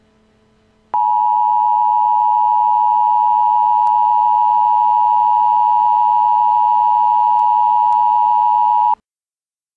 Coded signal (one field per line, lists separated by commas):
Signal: Emergency Alert System (SAME) tones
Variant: 853 and 960 Hz attention tone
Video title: Emergency Alert System - Tornado Warning State College